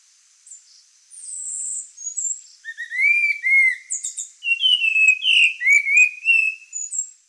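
Spot-winged Thrush singing a varied run of clear whistled phrases, sliding and warbling, mixed with high thin squeaky notes, continuing for several seconds.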